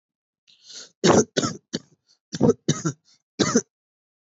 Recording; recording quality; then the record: shallow voluntary cough; excellent, no background noise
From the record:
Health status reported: healthy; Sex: male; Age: 35 years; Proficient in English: yes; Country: India